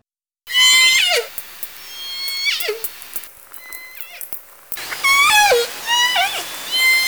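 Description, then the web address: Orca calls, several harmonic-rich squeals that sweep sharply downward at the end. "Orca Calls Nora"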